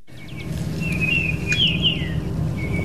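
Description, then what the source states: Baltimore oriole song, a few clear, fluty whistled notes rising and falling, over a steady low rumble of background noise. Heard in spring migration on a birding outing outside Boston; pointed out by blind birder Jerry Barrier, for whom the first orioles mark spring's arrival.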